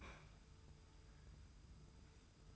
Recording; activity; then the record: daily activity, microphone in the room; open fridge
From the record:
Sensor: 2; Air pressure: 990.8 hPa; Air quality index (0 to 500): 129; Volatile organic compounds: 130 ppm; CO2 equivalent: 3929 ppm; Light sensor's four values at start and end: 20/48/19/20 and 20/48/19/20